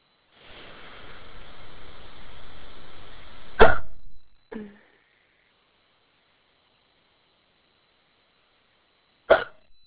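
An adult hiccuping: two abrupt, sharp hiccup sounds, each a sudden catch of breath, about six seconds apart, with a softer echo-like click after the first. A steady hiss of background noise fills the first few seconds. The pattern fits ordinary hiccups.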